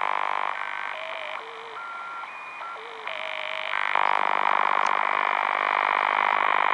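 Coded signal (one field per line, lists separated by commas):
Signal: radar signal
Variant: over-the-horizon radar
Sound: loud rapid rasping buzz of repeating sweeps filling the band, after stray whistles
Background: radio static, heterodyne whistles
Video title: OTH Radar on 16 Meter Broadcast Band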